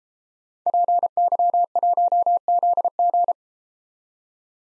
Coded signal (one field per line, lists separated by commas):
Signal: Morse code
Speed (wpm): 31 wpm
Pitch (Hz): 700 Hz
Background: none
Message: PY1ZG